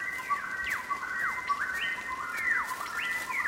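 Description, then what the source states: Lyrebird calling: repeated sharp whistles sweeping downward and upward over a steady high tone. Lyrebird calling in an Australian forest as rain begins to fall.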